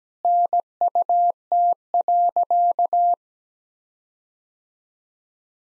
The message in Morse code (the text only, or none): NUT.